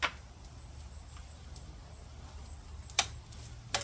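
A torque wrench set to about 25 Nm tightens a threaded T45 bottom bracket cup into a Colnago bicycle frame, with faint ratchet-like ticks heard along the way. The wrench gives a sharp click at its setting at 3.0 s, confirming the cup is torqued, and another brief sharp sound follows at 3.8 s.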